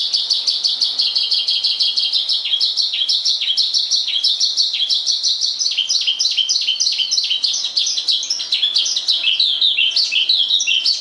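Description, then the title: Javan bush lark song: an unbroken stream of quick, high chirps about three per second, jumbled and varied in pitch throughout. "Suara Burung Branjangan"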